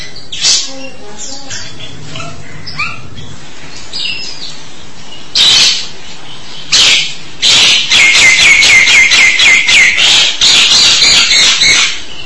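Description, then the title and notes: Starling song: a few scattered chirps, then a loud run of rapid harsh, buzzy notes over the last five seconds. "suara burung jalak"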